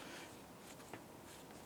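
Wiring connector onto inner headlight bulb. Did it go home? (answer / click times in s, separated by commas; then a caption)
no / none. A plastic wiring connector is handled at the inner headlight bulb of a 2005-2009 Subaru Outback, on its way to being pressed on. Only a steady hiss and faint handling rustles are heard, with one slightly louder brief rustle near 0.9 s. The connector has not seated or clicked yet.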